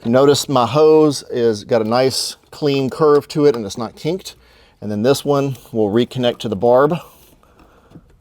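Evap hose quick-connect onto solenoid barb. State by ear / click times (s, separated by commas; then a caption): not seated / none. Someone talks while handling the evap solenoid hose on a Jeep Wrangler JK during an OMEGA Dual Battery System install, with the hose routed in a clean curve and not kinked. The hose's quick-connect end is about to be reconnected to the solenoid's barb fitting, and a few faint, quiet ticks sound near the end, around 7.4 to 8.2 seconds. Nothing has seated or clicked yet.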